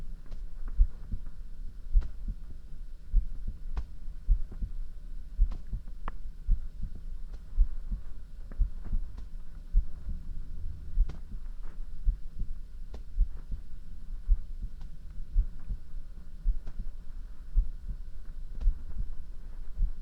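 Soft, deep thumps repeat steadily at about 55 beats a minute over a low, constant hum. It is an ordinary slow, regular heartbeat heard close against the chest.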